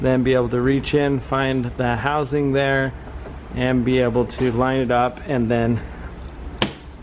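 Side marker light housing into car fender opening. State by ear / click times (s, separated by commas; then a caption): seated / 6.6 s. Someone talks while lining up the side marker light housing in its fender opening on a 2009-2016 Volkswagen Tiguan, then presses it in. A single sharp snap at 6.6 s marks the housing seating into the car fender.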